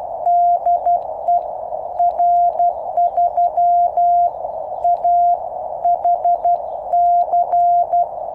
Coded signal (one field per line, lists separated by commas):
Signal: Morse code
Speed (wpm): 12 wpm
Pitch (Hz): 700 Hz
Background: none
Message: DE R3AHC